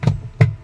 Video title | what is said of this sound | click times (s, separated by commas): Basic Repair Replace Gearcase or Gearbox Assembly Twin Tub Washing Machine | Ayun na nag-lock na mags ibabalik na natin sa pwesto niya ngayon | 0.4 s